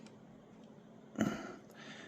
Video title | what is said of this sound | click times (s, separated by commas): 1/72 Mechanicore Tiefstrumer Expedition unboxing Part 3 BASE Work part 2-3 "UPDATE ON BASE BUILD" | Now, the click is in there. | 1.2 s